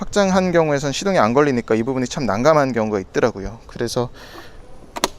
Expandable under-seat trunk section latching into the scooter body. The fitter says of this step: 찰칵 소리가 나면서 다시 원상복귀가 되면